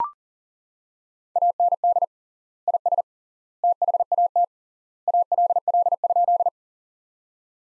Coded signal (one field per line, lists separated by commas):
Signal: Morse code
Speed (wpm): 40 wpm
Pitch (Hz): 700 Hz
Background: none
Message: AND IS THAT ALL?